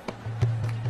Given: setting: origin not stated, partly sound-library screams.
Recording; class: one-second piece from a danger detection set; normal situation